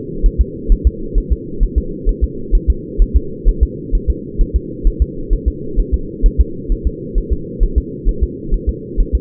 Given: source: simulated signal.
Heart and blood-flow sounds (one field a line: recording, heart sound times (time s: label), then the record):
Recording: fetal heart sounds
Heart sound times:
0.26 s: S1
0.41 s: S2
0.72 s: S1
0.87 s: S2
1.18 s: S1
1.32 s: S2
1.63 s: S1
1.78 s: S2
2.09 s: S1
2.24 s: S2
2.55 s: S1
2.70 s: S2
3.02 s: S1
3.16 s: S2
3.48 s: S1
3.63 s: S2
3.95 s: S1
4.10 s: S2
4.41 s: S1
4.56 s: S2
4.87 s: S1
5.02 s: S2
5.33 s: S1
5.48 s: S2
5.80 s: S1
5.94 s: S2
6.26 s: S1
6.41 s: S2
6.72 s: S1
6.87 s: S2
7.18 s: S1
7.33 s: S2
7.63 s: S1
7.78 s: S2
8.09 s: S1
8.23 s: S2
8.54 s: S1
8.69 s: S2
9.00 s: S1
9.15 s: S2
From the record:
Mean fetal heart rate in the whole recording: 130 bpm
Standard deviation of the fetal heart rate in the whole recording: 4 bpm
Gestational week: 38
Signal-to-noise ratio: -4.3 dB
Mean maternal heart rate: 72 bpm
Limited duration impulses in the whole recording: absent